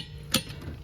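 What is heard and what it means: A click-type torque wrench set to about 76 ft-lb tightens a brake caliper bracket bolt on a 2019–2024 Toyota RAV4. A single sharp click sounds at 0.3 s as the wrench breaks over, marking that the bolt has reached the set torque.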